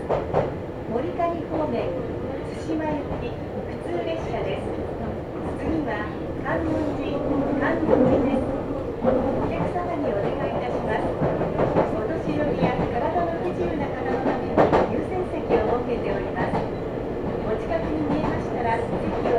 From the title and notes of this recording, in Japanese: 名鉄尾西線 玉ノ井→名鉄一宮→津島→弥富。名前の通り尾張の西側を走るのでほぼ単線区間ですが、乗車率はそこそこあります。